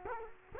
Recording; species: mosquito wingbeat signal from an infrared sensor; Culex quinquefasciatus